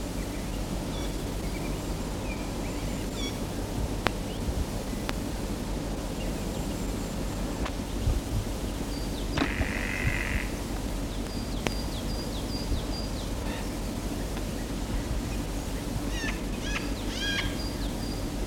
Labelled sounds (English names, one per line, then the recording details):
Spotted Nutcracker
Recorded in the wild
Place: Mirnock, Nockberge, Kärnten, AT
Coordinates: 46.758, 13.7144
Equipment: Uher 4000
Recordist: Brunner, Thomas